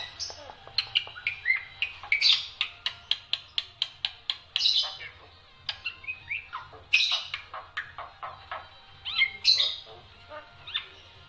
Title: Kicauan Rapat Jalak Putih Gacor Banyak Variasi Untuk Masteran